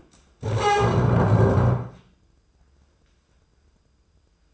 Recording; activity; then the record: daily activity, microphone in the room; stand up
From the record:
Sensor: 2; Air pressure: 995.8 hPa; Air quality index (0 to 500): 241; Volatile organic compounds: 1000 ppm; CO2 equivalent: 5948 ppm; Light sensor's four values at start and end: 28/69/30/33 and 25/59/26/29